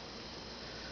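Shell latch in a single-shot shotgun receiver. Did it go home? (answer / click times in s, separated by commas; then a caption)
no / none. A punch pushes the steel shell latch to the rear inside the receiver of an H&R Pardner Protector shotgun, lining it back up before the trigger group is refitted. Only steady broadband hiss is heard through the clip, with no distinct snap. Nothing has seated or clicked yet.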